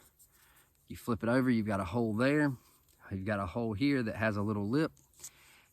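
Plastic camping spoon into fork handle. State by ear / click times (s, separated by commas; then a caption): seated / 5.2 s. Someone talks while a plastic camping spoon is flipped over and slid into the lipped hole of a plastic fork handle to join them into one long utensil. A short click sounds at 5.2 s as the spoon seats and clicks into place.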